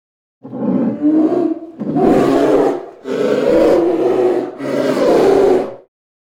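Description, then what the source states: Polar bear growling: four deep, rough, drawn-out roaring growls, each lasting over a second, running into one another almost without pause. Growling and roaring.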